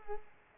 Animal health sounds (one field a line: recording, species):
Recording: mosquito wingbeat signal from an infrared sensor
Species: Culex pipiens